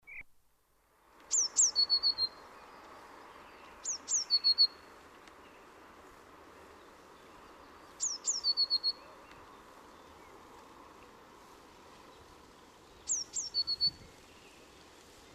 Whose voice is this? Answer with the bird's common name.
Eurasian Blue Tit